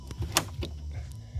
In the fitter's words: and it clicks right in